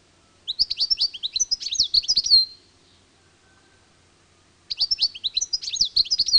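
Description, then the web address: European goldfinch song with bright, fast chattering phrases, the first lasting two seconds, then a second phrase starting after a two-second gap. "Madarak Tengelic"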